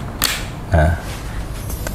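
A plastic visor side pod cover is pressed onto its mount over the visor pivot on the shell of an Arai RX-7X motorcycle helmet, and it gives a sharp snap at 0.2 s. Someone talks around 0.7 to 1.0 s, and a fainter click follows at 1.9 s. The pod is seated and fitted perfectly.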